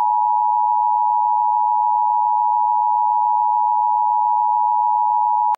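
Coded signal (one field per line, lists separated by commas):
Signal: Emergency Alert System (SAME) tones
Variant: 853 and 960 Hz attention tone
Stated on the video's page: Fictional, simulated EAS scenario of a terror attack on London; not real.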